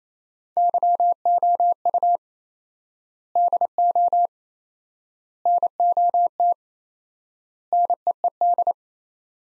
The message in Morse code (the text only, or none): YOU DO NOT NEED